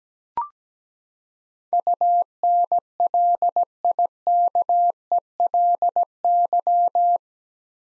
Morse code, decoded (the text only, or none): UNLIKELY